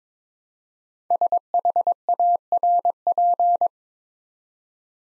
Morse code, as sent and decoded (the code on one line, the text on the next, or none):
... .... .- .-. .--.
SHARP